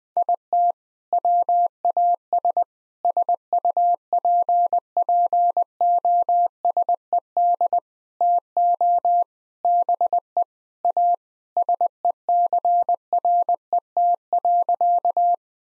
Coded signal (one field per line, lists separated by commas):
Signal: Morse code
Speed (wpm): 21 wpm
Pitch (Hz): 700 Hz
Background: none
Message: IT WAS SUPPOSED TO BE A SECRET.